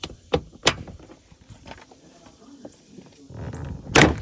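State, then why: Released. An interior door trim panel on a truck is pried off by hand, and its plastic retaining clips pop loose from the metal door frame. Sharp pops are heard at 0.0, 0.3, 0.7 and 4.0 seconds, with quieter rustling and scraping between them and a louder burst of handling noise near the end. The clips release and the panel comes free.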